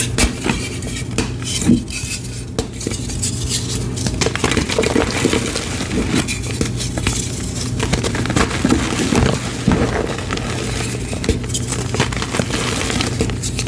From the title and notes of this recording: Baby Oil Gym Chalk Crushing Compilation.